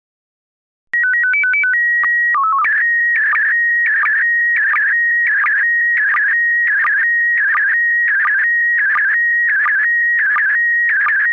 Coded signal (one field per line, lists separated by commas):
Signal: SSTV (slow-scan television)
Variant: PD 90